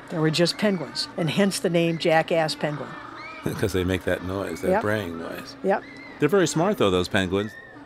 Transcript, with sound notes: There were just penguins, and hence the name Jackass penguins.
[SOUNDS OF JACKASS PENGUINS] Because they make that noise, that braying noise.
Yeah.
They're very smart though, those penguins.